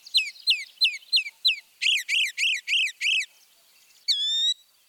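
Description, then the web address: Northern mockingbird song with mimicry: five quick down-slurred notes, then five harsher rising-falling phrases, and a final drawn-out whistle. "Birding by Ear, Eastern and Central North America - Peterson Guides. Mimics Northern Mockingbird"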